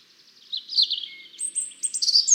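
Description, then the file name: European robin song: a fast, twittering high warble followed by higher, clear whistled notes. "Erithacus rubecula"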